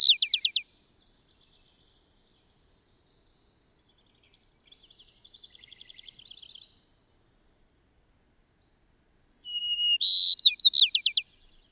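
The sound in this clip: Bird song: a fast run of sharp descending notes, a softer trilled passage midway, then a thin whistle, a buzzy burst and more rapid falling notes.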